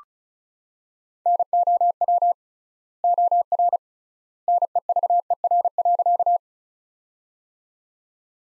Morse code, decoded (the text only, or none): NOW OR NEVER.